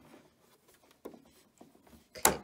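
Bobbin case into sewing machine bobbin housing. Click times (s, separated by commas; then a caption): 2.2 s. A threaded bobbin case, a small metal part, is pushed into a sewing machine's bobbin housing. Quiet handling taps come at about 1.1 and 1.6 s, then a sharp, bright metallic click at 2.3 s with a short tick after it. The bobbin case latches and is seated in the housing.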